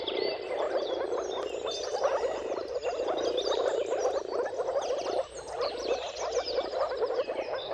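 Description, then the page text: Dense moor frog chorus of low, hollow bubbling croaks, swelling and dipping briefly around the fifth second, with birds singing above. Mating calls of a moor frog chorus recorded at sunrise, at the turn of March and April, timing depending on the weather. "Jakub-Orzecki moor frogs. Dawn’s Chorus: Mating Calls of Marsh Frogs at Sunrise. Depending on the weather at the turn of March and April, you can witness an amazing spectacle of moor frogs"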